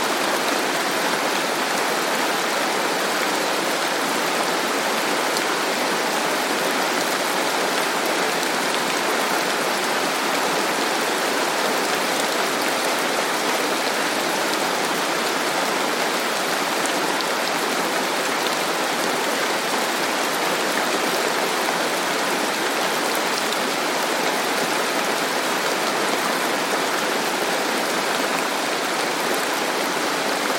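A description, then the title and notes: Heavy rain pours down in a rainforest, a dense, unbroken hiss of drops pattering on leaves and ground. The downpour stays steady and loud for the whole stretch, bright, with a thin low rumble beneath and no other sounds breaking through. Heavy Hawaiian Forest Rain. Heavy rain pattering in the Hawaiian rainforest.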